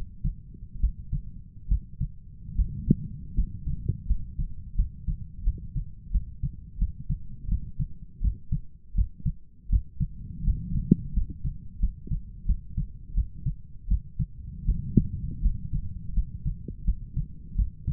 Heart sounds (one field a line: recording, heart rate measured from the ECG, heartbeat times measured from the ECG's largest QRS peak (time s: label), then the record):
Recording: heart sounds by stethoscope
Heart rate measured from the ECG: 82 bpm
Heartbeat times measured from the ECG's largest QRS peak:
0.80 s: heartbeat
1.68 s: heartbeat
2.56 s: heartbeat
3.35 s: heartbeat
4.07 s: heartbeat
4.76 s: heartbeat
5.44 s: heartbeat
6.12 s: heartbeat
6.79 s: heartbeat
7.49 s: heartbeat
8.21 s: heartbeat
8.95 s: heartbeat
9.69 s: heartbeat
10.44 s: heartbeat
11.14 s: heartbeat
11.80 s: heartbeat
12.46 s: heartbeat
13.14 s: heartbeat
13.88 s: heartbeat
14.65 s: heartbeat
15.42 s: heartbeat
16.14 s: heartbeat
16.85 s: heartbeat
17.56 s: heartbeat
From the record:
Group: healthy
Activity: rest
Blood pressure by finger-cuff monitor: 128/75 mmHg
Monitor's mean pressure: 87 mmHg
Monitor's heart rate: 82 bpm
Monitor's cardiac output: 7.3 L/min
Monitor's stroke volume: 90 mL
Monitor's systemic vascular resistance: 870 dyn s/cm5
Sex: male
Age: 23 years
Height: 179 cm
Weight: 87 kg